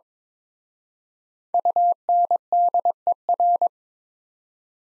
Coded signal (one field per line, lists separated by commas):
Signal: Morse code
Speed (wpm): 27 wpm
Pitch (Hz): 700 Hz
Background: none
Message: UNDER